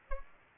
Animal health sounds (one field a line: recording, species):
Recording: mosquito wingbeat signal from an infrared sensor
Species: Aedes aegypti